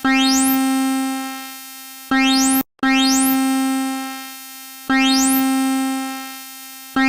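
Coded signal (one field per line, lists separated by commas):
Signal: none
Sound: synthesizer musical jingle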